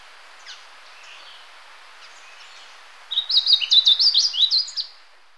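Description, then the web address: Blue seedeater song: a few faint scattered notes, then a two-second burst of quick, high chirps. Recorded in Ecuador. "Birds of Ecuador. Blue Seedeater"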